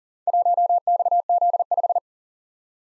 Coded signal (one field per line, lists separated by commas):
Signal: Morse code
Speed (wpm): 40 wpm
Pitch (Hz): 700 Hz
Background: none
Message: 1XZ5